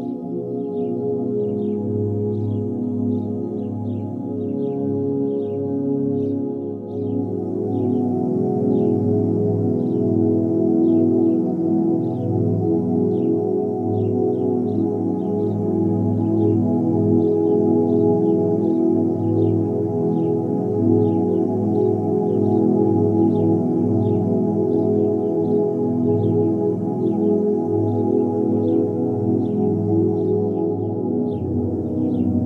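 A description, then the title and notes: Ambient music with rainforest sounds: a warm, dense low drone of layered sustained tones fills the whole clip, swelling slightly after the first few seconds. Above it, faint, high, short bird chirps repeat at a steady pace throughout. Ambient Music Rainforest Sounds Birds.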